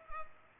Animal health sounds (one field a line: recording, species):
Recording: mosquito wingbeat signal from an infrared sensor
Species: Culex pipiens